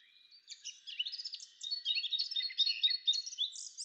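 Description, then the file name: Eurasian blackcap giving a fast, scratchy warble of jumbled high notes and short twitters that runs on without a break. "Sylvia atricapilla"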